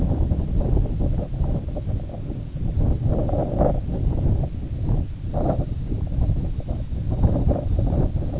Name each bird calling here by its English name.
none